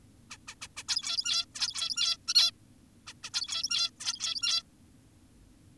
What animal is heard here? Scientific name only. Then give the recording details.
Taeniopygia guttata. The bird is an adult. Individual g17y2U